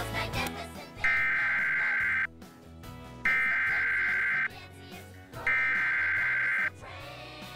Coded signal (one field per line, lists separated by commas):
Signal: Emergency Alert System (SAME) tones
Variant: header bursts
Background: speech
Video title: EAS Severe Thunderstorm Warning During Dinosaur Train (2018 WNPT-DT3)